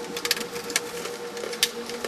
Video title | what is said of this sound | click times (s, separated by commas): Attempt to Fix Your XBOX 360 at Home! | Alright, back is snapped together. | 0.3 s, 0.8 s, 1.6 s